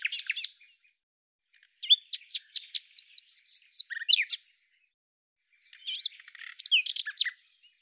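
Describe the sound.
Common nightingale song: opening chirps, then a long series of evenly repeated looping whistles, another pause, and a final jumble of sharp varied notes.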